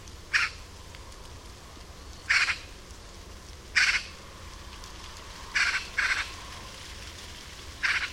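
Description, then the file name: Eurasian magpie giving harsh, rasping single and double calls, six bursts spread over eight seconds. "Pica pica"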